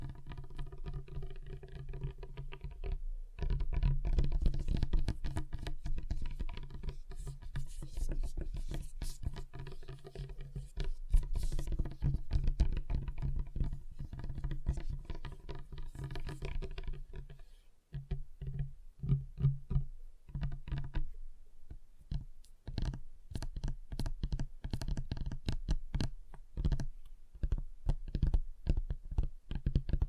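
Fingers tap on a table in dense, uneven bursts of quick knocks, much like fast typing. A low thud sits under most of the taps. Brief silences break the run near 3 and 18 seconds, and the tapping turns sparser and sharper in the last ten seconds.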